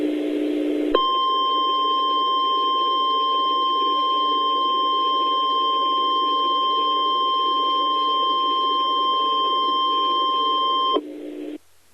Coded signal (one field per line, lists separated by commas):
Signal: Emergency Alert System (SAME) tones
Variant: 1050 Hz attention tone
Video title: LAST REQUIRED WEEKLY TEST OF 2023 FOR PETERSBURG, VA & VICINITY (EAS ALERT 145)